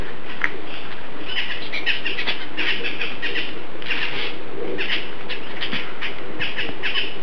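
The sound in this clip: Bird calls, short chirps repeated throughout, with a constant low rumble underneath.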